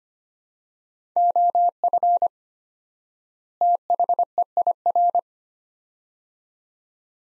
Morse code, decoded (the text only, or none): OF THEIR